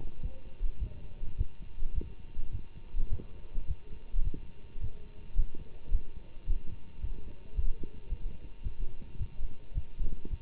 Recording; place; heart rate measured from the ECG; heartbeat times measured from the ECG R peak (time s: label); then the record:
heart sounds by stethoscope; between the tricuspid and mitral areas; 107 bpm
0.22 s: heartbeat
0.79 s: heartbeat
1.37 s: heartbeat
1.94 s: heartbeat
2.51 s: heartbeat
3.09 s: heartbeat
3.66 s: heartbeat
4.23 s: heartbeat
4.80 s: heartbeat
5.36 s: heartbeat
5.91 s: heartbeat
6.46 s: heartbeat
7.01 s: heartbeat
7.55 s: heartbeat
8.09 s: heartbeat
8.63 s: heartbeat
9.18 s: heartbeat
9.73 s: heartbeat
10.29 s: heartbeat
From the record:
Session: Bruce protocol treadmill stress test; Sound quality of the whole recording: good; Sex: male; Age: 24 years